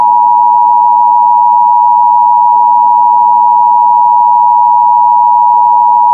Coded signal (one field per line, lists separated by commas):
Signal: Emergency Alert System (SAME) tones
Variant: 853 and 960 Hz attention tone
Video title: EAS Scenario - Grey